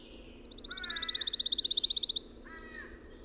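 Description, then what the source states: Pine warbler singing one rapid, evenly spaced high trill of many notes, with softer sounds before and after it. Recorded on 22 June 2001; 11 songs.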